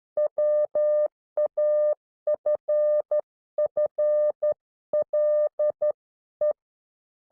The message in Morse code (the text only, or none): WAFFLE